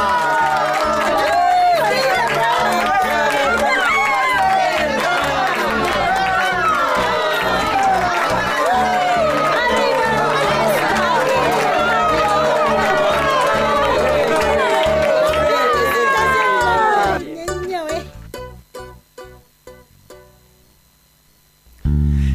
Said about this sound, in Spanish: Por primera vez en nuestra historia, una mujer ocupará el cargo más importante de nuestra comunidad. ¡Aplausos para la señora